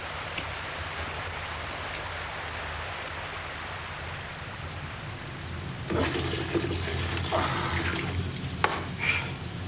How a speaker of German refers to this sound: Regen? Ja, wir können den auffangen. Wir müssen jeden Topf und jede Tasse aufstellen. Alles, was da ist. Maximaler Effekt.